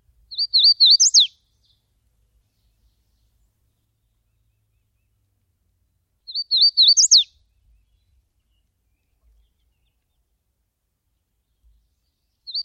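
Bird song: a short, high, twittering phrase ending in a quick jump up and sharp drop, repeated roughly every six seconds, with a third phrase starting at the close.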